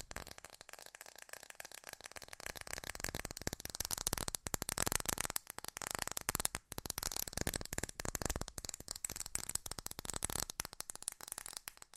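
Fast tapping in dense, rattling bursts runs nearly nonstop for twelve seconds, bright and crisp, with a few brief pauses around the middle.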